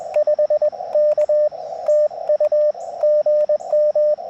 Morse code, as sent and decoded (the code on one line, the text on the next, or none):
..... -.- / - ..- / --. --
5K TU GM